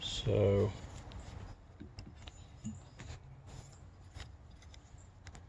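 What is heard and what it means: Someone talks briefly while a replacement windshield wiper blade is lined up on the J-hook of a Toyota Camry (2001–2020) wiper arm, with its adapter fiddled into position before being pushed home. Only light handling noises and a few faint taps follow. Nothing has seated or clicked yet.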